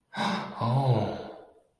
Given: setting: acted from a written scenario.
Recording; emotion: vocal sound without words; romantic love